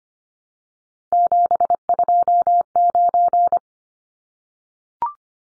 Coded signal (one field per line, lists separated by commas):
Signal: Morse code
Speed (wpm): 25 wpm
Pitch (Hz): 700 Hz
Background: none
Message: 729